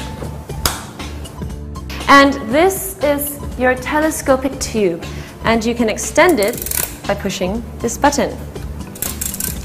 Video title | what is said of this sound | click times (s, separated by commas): Sunshinne Eco Active Vacuum Cleaner | hose socket ensure that this button is facing forward and do not press it down because you want to hear the click and | 0.7 s